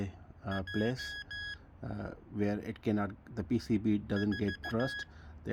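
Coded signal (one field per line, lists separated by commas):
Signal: Morse code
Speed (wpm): 15 wpm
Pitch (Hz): 1650 Hz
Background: speech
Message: J 4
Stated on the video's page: Morse tutor device, Datong D70 made in England.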